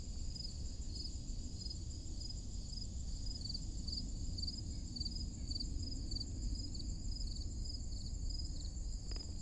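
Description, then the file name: Crickets keep up a shrill pulsing chirp chorus, a few faint clicks, and a continuous low rumble. Forest clearing on a summer morning. "Crickets in Forrest Clearing on Summer Morning"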